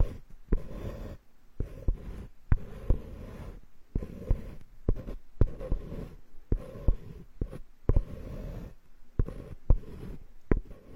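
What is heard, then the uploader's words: Wooden tools are worked over the scalp in short, soft scraping strokes, roughly one per second, separated by brief silences. Sharp little wooden clicks and taps mark many of the strokes. The rubbing stays low and muffled throughout. Come to the carpenter's workshop, all kinds of wood massage the scalp layer by layer for ultimate relaxation.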